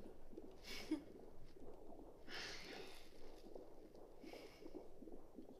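Fast, regular muffled whooshing pulses, roughly 150 a minute, with occasional louder hissing swishes over a low rumble. This is a fetal heartbeat picked up by a prenatal ultrasound Doppler, and its rapid rate fits a normal fetal heart.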